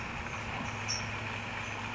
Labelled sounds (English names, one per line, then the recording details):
California Towhee
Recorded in Sonoma County, California